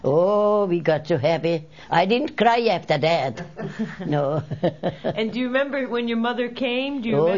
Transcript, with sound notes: Oh, we got so happy. I didn't cry after that. ( they laugh ) No.
And do you remember when your mother came, do you remember?